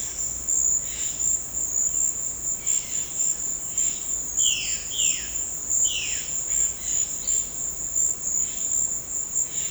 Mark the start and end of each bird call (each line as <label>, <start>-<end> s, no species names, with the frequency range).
bird call (1.4-6.0 kHz), 2.60-4.01 s
bird call (1.0-6.0 kHz), 4.38-7.47 s
bird call (1.6-4.9 kHz), 8.32-9.70 s